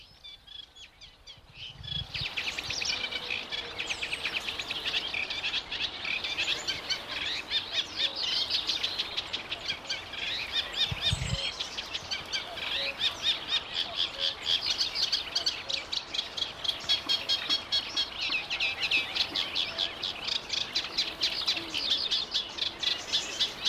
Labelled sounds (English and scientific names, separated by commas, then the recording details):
Eurasian Reed Warbler (Acrocephalus scirpaceus) song
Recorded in the wild
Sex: male
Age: adult
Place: Berlin, OT Karow, Berlin, DE
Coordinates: 52.6228, 13.4597
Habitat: ponds
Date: 1988-05-29
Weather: sunny, 22°C
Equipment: Nagra SN (Automatik), Kopie Tesla B 116
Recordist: Tembrock, Günter